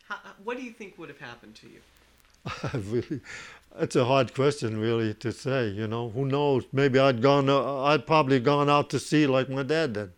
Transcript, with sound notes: What do you think would have happened to you?
( he laughs ) It's a hard question, really, to say, you know. Who knows. Maybe I'd gone, I'd probably have gone out to sea like my dad did.